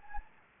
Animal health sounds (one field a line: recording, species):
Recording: mosquito wingbeat signal from an infrared sensor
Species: Anopheles gambiae